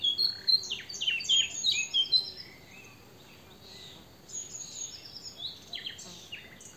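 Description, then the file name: Eurasian blackcap song, a rapid chattering warble of sharp downslurred notes that fades into softer, scattered twitters. "Sylvia atricapilla"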